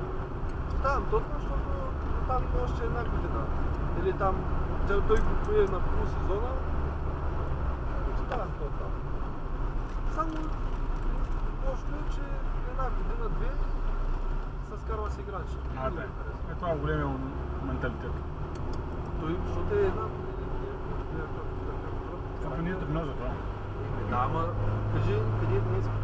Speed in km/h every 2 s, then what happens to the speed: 56, 54, 55, 54, 49, 38, 27, 25, 30, 35, 39, 41, 44.
0-7 steady at about 54. 7-13 brakes to 25. 15-26 speeds up to 44.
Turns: none.